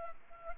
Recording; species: mosquito wingbeat signal from an infrared sensor; Anopheles arabiensis